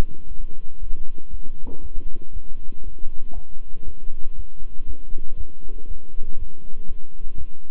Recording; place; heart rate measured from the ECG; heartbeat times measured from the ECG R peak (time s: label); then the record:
heart sounds by stethoscope; between the tricuspid and mitral areas; 118 bpm
0.27 s: heartbeat
0.78 s: heartbeat
1.29 s: heartbeat
1.80 s: heartbeat
2.31 s: heartbeat
2.82 s: heartbeat
3.33 s: heartbeat
3.84 s: heartbeat
4.34 s: heartbeat
4.85 s: heartbeat
5.36 s: heartbeat
5.86 s: heartbeat
6.37 s: heartbeat
6.87 s: heartbeat
7.36 s: heartbeat
From the record:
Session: walking at 3.7 km/h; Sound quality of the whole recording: good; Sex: male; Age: 26 years